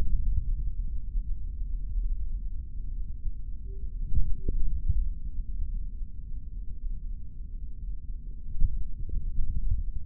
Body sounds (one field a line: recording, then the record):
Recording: forearm muscle sounds (acoustic myography)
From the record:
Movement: index flexion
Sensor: system 3, bracelet of six PUI Audio POM-2738L microphones around the upper forearm, with dedicated amplification and filtering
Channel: 2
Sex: male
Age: 26 years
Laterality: right